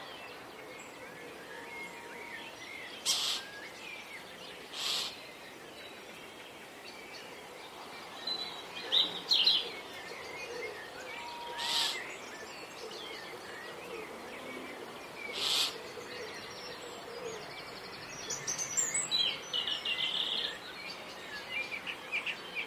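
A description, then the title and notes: Birds chirp and call in a garden, with short sharp clicks or taps at intervals over a soft, steady outdoor hush. It's late morning in a springtime Dorset garden. The wind blows in the trees. Wood pigeons coo from trees now bright with fresh spring leaves. Blue tits and starlings land on the gently swaying bird feeders to eat their fill. Recorded by Daniel Kramer-Arden. Spring birdsong in a Dorset garden.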